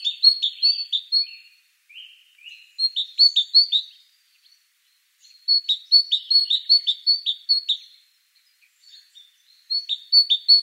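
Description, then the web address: Great tit giving quick runs of sharp high notes in four separate bouts, with a few lower slurred notes early on. "SETE data Parus major"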